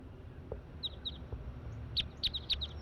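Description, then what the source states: Crossbill giving sharp, clipped high calls, sparse at first and then more closely spaced toward the end, over a low background rumble. Calls from wild bird 140, recorded around 7:20 with a flock of seven, eight or more wild crossbills in the treetops above the net.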